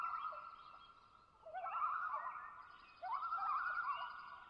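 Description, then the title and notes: Common loon pair calling a fast, wavering tremolo in two rising bursts. Pair of loons giving tremolo calls, Long Lake, Talkeetna, Alaska; spring night in twilight, boreal taiga lake with white spruce and mosses; 49-61°F, light to no wind; recorded mid-side with MKH8040 and MKH30. "Common Loon - Gavia Immer - pair tremolo. Location: Long Lake, Talkeetna, AK"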